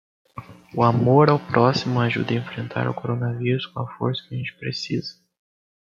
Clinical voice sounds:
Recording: spoken sentence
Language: Brazilian Portuguese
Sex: male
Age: 18 to 19 years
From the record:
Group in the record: control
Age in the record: 18 years

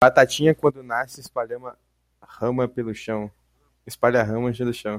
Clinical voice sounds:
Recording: short text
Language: Brazilian Portuguese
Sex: male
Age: 20 to 29 years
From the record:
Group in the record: control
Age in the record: 21 years

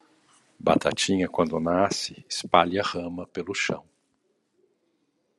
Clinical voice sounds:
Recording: short text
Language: Brazilian Portuguese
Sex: male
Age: 50 to 59 years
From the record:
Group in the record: control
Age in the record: 53 years

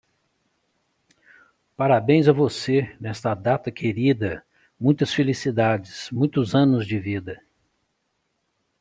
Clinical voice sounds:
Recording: short text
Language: Brazilian Portuguese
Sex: male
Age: 50 to 59 years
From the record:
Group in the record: control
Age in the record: 59 years

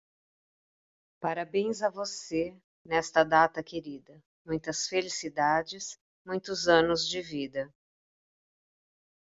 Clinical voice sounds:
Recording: short text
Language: Brazilian Portuguese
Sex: female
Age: 50 to 59 years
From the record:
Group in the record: control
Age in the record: 58 years

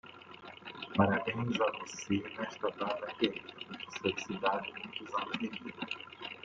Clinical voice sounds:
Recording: short text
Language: Brazilian Portuguese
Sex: male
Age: 50 to 59 years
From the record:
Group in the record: control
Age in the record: 59 years

